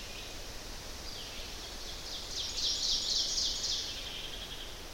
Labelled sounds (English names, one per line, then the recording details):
Ovenbird song
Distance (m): 55 m
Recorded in boreal forest in Alberta, Canada, on 10 June 2016 at 07:02
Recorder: SongMeter 3, array SBT-3-39
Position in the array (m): 231 m, 95 m
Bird 17